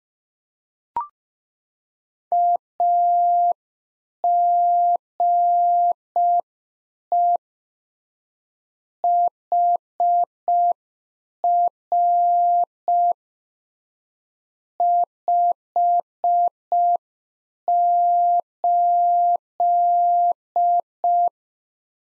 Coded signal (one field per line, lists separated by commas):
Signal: Morse code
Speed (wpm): 5 wpm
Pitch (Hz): 700 Hz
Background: none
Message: AGE HR 58